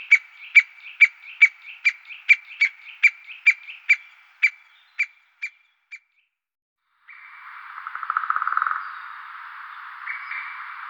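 White-backed woodpecker giving a series of sharp, clicky call notes about twice a second, slowing and stopping, followed by a few seconds of broad hissing noise.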